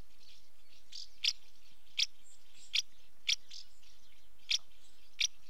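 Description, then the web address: House martin calls, several sharp clipped chirps at uneven intervals, with fainter notes in the gaps. Female house martin calling at the nest entrance; British bird. "BBC Sound Effects Library. House Martin female calling at nest entrance"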